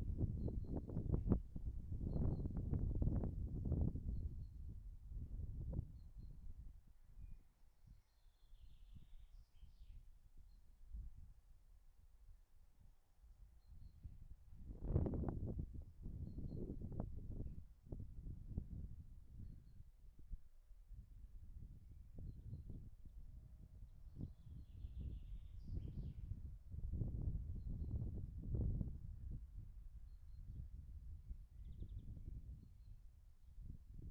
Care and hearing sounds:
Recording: everyday scene through a hearing-aid microphone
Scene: wind on the microphone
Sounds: wind, birds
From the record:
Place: in front of a rural house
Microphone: behind the ear, right, rear

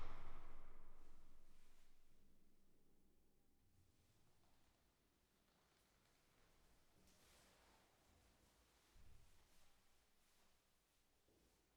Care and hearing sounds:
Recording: everyday scene through a hearing-aid microphone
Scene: reverberant space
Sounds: background noise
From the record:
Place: staircase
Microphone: behind the ear, right, rear

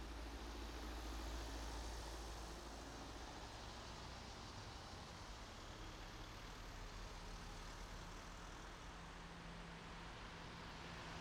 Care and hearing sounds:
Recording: everyday scene through a hearing-aid microphone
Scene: in traffic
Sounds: traffic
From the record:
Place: main road on the outskirts, rush hour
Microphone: in the ear canal, right

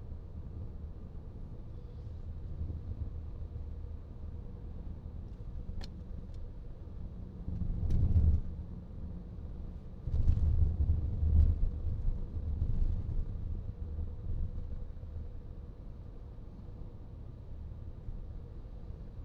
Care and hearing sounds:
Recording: everyday scene through a hearing-aid microphone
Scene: in a vehicle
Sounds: engine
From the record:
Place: VW T5 Caravelle, diesel engine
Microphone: in the ear canal, right

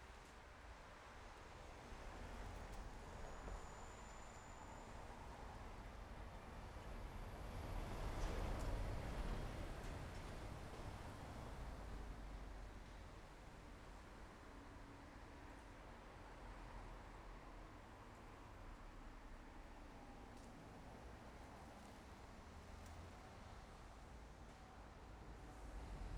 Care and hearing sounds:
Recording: everyday scene through a hearing-aid microphone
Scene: in traffic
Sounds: traffic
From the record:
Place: main road on the outskirts, rush hour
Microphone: behind the ear, left, front

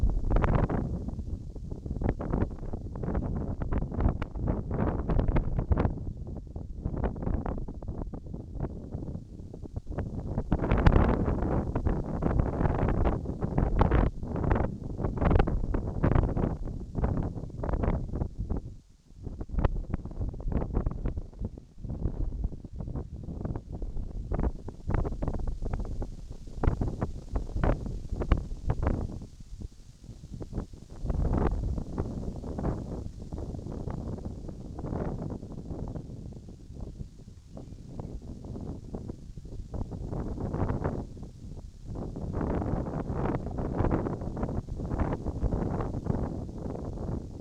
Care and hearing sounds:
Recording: everyday scene through a hearing-aid microphone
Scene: wind on the microphone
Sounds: squally wind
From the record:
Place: in front of a rural house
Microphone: in the ear canal, right

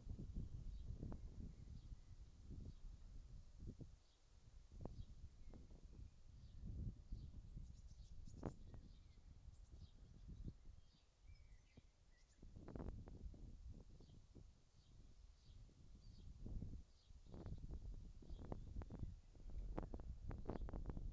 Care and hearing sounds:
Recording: everyday scene through a hearing-aid microphone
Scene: wind on the microphone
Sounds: wind, whistling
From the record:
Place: in front of a rural house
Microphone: in the ear canal, left

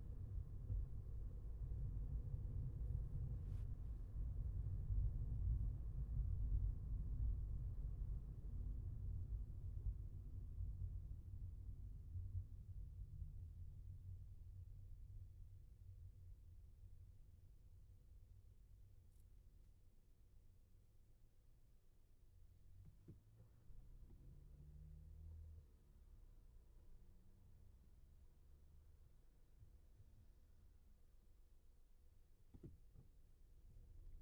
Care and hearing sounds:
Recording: everyday scene through a hearing-aid microphone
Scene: in a vehicle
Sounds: engine, traffic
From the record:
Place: Skoda Fabia, gasoline engine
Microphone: behind the ear, left, front

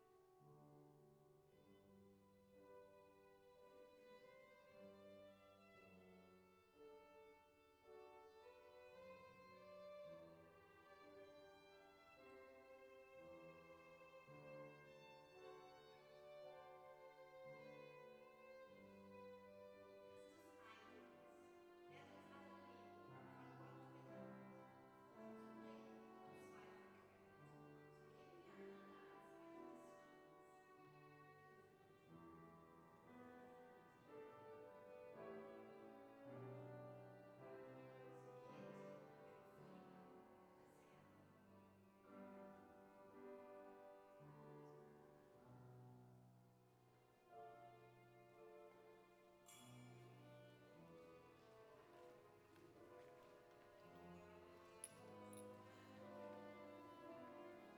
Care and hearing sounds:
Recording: everyday scene through a hearing-aid microphone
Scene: reverberant space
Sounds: music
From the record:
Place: church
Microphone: behind the ear, left, front

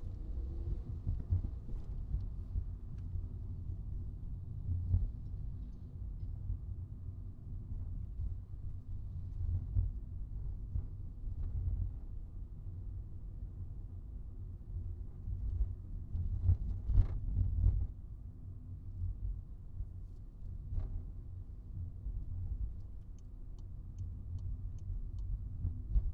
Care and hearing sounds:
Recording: everyday scene through a hearing-aid microphone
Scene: in a vehicle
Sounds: engine, highway traffic jam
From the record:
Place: Skoda Fabia, gasoline engine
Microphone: in the ear canal, right

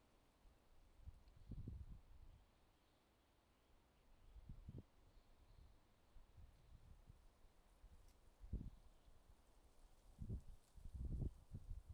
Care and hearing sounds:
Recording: everyday scene through a hearing-aid microphone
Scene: wind on the microphone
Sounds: wind, traffic, birds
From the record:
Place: suburban garden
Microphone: in the ear canal, left

